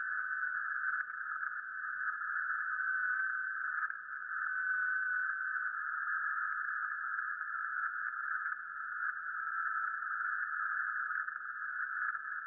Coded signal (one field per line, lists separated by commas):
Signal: FT8